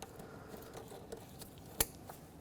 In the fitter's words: Make sure that clicks.